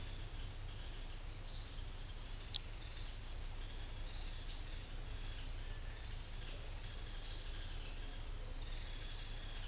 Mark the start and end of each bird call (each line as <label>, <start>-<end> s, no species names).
bird call, 1.45-1.84 s
bird call, 4.05-4.54 s
bird call, 7.23-7.46 s